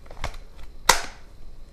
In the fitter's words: load the battery in make sure it clicks now